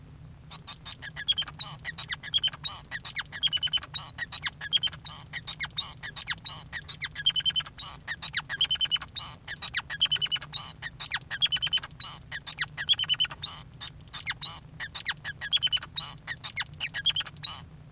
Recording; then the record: song of a male Bengalese finch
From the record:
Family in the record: son of father 5